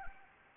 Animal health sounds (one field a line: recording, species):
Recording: mosquito wingbeat signal from an infrared sensor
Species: Anopheles gambiae